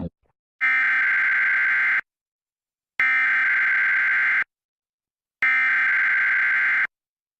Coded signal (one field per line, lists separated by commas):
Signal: Emergency Alert System (SAME) tones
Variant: header bursts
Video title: EricGo! EAS test